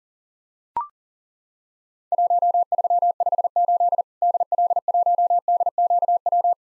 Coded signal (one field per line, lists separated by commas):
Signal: Morse code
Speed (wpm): 38 wpm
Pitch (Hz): 700 Hz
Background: none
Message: 1358 DL1DQW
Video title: Worked All Europe DX Contest QTC Exchange with Repeats 40wpm